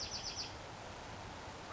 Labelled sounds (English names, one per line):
Bewick's Wren